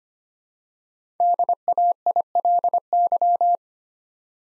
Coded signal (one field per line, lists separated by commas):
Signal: Morse code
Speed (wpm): 25 wpm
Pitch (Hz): 700 Hz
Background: none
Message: DAILY